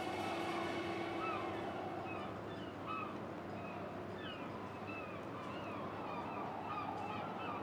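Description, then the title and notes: Gulls giving scattered mewing and yelping calls over constant wind and low rumble. Recorded at 9 Quai Thurot, Boulogne-sur-Mer, France, in wind. "Quai Thurot, Boulogne-sur-Mer, France - Mouettes. Prise de sons : JF CAVRO"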